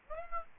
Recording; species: mosquito wingbeat signal from an infrared sensor; Aedes albopictus